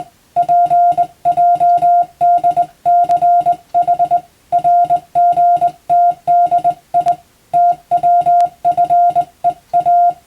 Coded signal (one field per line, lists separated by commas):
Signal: Morse code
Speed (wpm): 20 wpm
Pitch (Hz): 700 Hz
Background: music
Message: PJDCH RGTDI TWFEA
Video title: 無線従事者国家試験総合無線通信士電気通信術のトレーニングにＣＷを打ってみました。アマチュア無線ハムの受信練習にもどうぞ(morse code practice for radio operator )